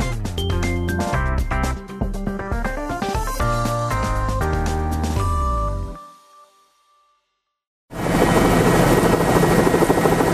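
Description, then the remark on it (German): A loud, steady helicopter roar cuts in abruptly with a dense rotor and engine drone, following a stretch of music that fades into a couple of seconds of silence. The helicopter is returning from the Terra Nova Field oil platform, about 350 km off the coast of Newfoundland, to St. John's, Canada. “Von der Ölplattform Terra Nova Field rund 350 Kilometer vor der Küste Neufundlands kehrt ein Hubschrauber zurück nach St. John's, der Hauptstadt der kanadischen Küstenprovinz.”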